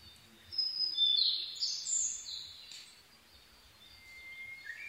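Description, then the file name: Blue-and-white flycatcher song: a loud run of high clear whistles lasting about two seconds, followed by quieter thin notes and a faint rising whistle near the end. Recorded 22 May 2011 at 04:34. "ooruri-20110522-0434"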